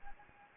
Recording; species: mosquito wingbeat signal from an infrared sensor; Anopheles gambiae